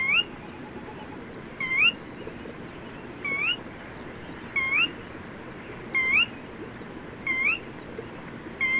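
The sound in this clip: Bird whistling a brief upward-sweeping note again and again, about every 1.3 seconds, with faint high chirps and steady background noise.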